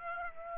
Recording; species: mosquito wingbeat signal from an infrared sensor; Aedes aegypti